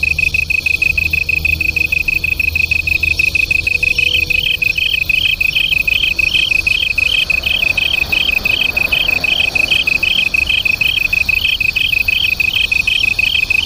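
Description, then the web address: Japanese tree cricket trill. It runs alone and steady at first, then a second, higher pulsed voice enters about four seconds in and keeps a regular beat. Local name kantan; two crickets singing as a duet. "sikioto insect kantanduet"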